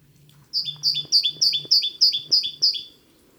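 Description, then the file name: Great tit song of about eight rhythmic two-note phrases, high then slightly lower, steady and fast, over a faint low hum. "Parus major"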